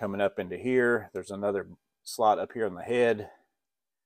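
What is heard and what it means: A plastic collated strip of drywall screws is being slid up through the slot into the head of a Milwaukee screw-gun magazine attachment. Someone talks throughout, with no distinct mechanical sounds audible. Nothing has seated or clicked yet; the strip is still being handled before it clicks into the feed position.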